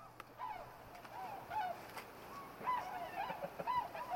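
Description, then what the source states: Tundra Swans in a calling flock: mellow, bugling hoots rising and falling, several birds overlapping. Played as an example of their calls; featured as the wildlife of the week.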